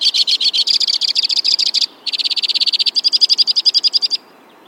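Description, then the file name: White-winged crossbill delivering a continuous trilled song, a brief break near the middle, then another trill that turns into a slower, more spaced series of ringing notes. "suara kicauan burung white winged crossbill. omkicau"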